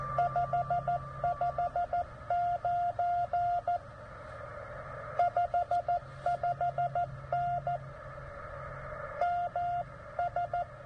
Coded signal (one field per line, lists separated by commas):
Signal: Morse code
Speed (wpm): 14 wpm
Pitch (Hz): 700 Hz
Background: none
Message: 559 55N MS